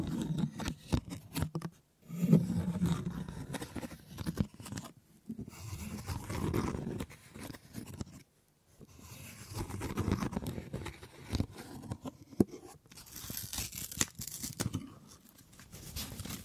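Wood triggers: dense runs of small taps, scratches and scrapes on wood, mostly low and knocking, with sharp clicks throughout. The activity comes in bursts separated by brief silences near 2, 5 and 8.5 seconds, and a brighter, hissy scraping appears around 13 to 15 seconds.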